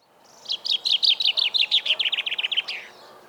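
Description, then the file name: Common chaffinch song: one rapid run of sharp notes falling slightly in pitch, finished with a quick terminal flourish. "Fringilla coelebs"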